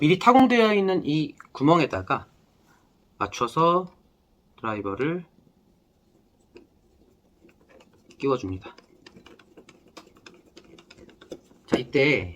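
A wood screw sits in a pre-drilled hole in a wooden book stand, and the screwdriver tip is fitted into the screw's cross head before turning. Someone talks, then a series of small ticks and taps is heard between about 6.6 and 11.3 seconds as the screwdriver is lined up. Nothing has been driven or clicked yet; the screw is only lined up.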